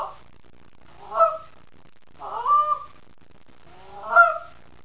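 Canada goose giving three separate drawn-out nasal honks with rising, slurred notes, spaced over a second apart against a quiet background.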